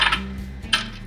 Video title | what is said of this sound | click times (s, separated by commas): Prima Multifunctional Mug Press 4 In 1 - Unboxing and Setup Guide | like that you'll feel it click then just wiggle it in until it's nice and tight and then you want to | 0.7 s